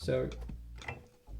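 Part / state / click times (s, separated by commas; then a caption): hoop clip into the hoop bracket teeth / seated / 0.8 s, 0.9 s. Someone talks as the plastic clips of a two-part 5x12 embroidery hoop are pressed into the teeth of the first hoop bracket. Two sharp snaps are heard at 0.8 s and 0.9 s, and the clip is seated in the bracket; without that snap it would need rechecking.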